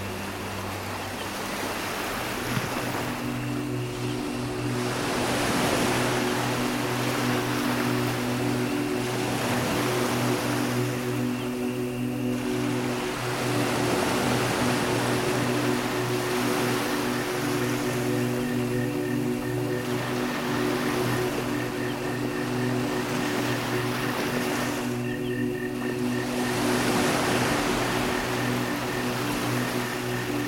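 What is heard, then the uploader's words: Ocean waves wash in steady, surging swells that rise every few seconds, loudest around the 5, 12 and 25 second marks. A constant low droning hum runs underneath throughout, and a faint thin high call comes and goes in the background. Relax on a tropical beach at sunset. Ocean waves crash gently nearby, and a soothing chorus of frogs and insects call out in the distance.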